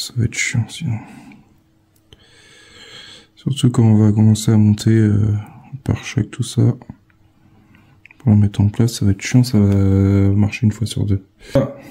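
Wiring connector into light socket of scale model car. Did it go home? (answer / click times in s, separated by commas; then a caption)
yes / 8.1 s. On a 1:8 scale model Dodge Charger R/T build, a small plastic connector with a thin latching tab is pushed into its socket for the brake lights. Someone talks throughout, with faint light taps around 2.1 s and 7.1–7.8 s. A sharp click at 8.1 s marks the connector seating, and it is fixed.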